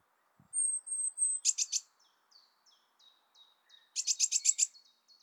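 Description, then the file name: Eurasian blue tit with a thin high note and a buzzy churr, then a series of faint descending chips and a second scolding burst. "Cyanistes caeruleus"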